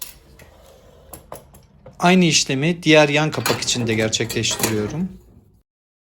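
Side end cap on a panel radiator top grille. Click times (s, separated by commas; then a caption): 0.0 s. A side end cap on a panel radiator's top grille is pushed down to lock it back into place, and it seats with a sharp click at 0.0 s. A few faint taps and knocks follow over the next two seconds, then someone talks from about 2 s to 5.5 s.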